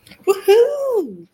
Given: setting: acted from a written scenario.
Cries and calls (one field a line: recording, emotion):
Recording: vocal sound without words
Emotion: pride